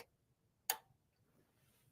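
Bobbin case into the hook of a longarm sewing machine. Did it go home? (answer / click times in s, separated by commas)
yes / 0.7 s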